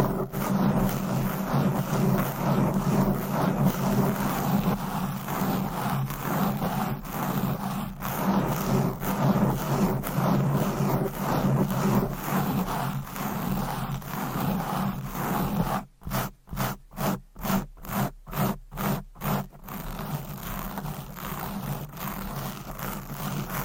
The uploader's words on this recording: ASMR Fast & Aggressive Mic Scratching - Brain Scratching 10 DIFFERENT MICS No Talking for Sleep.